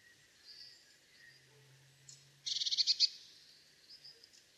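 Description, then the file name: Eurasian blue tit giving a short, high burst of rapid buzzy pulses, with soft faint chirps before and after. "Cyanistes caeruleus"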